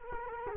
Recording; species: mosquito wingbeat signal from an infrared sensor; Culex quinquefasciatus